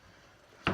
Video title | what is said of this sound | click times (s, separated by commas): Welcome! Unboxing an Instant Pot! | little thing it just snaps right in okay and | 0.7 s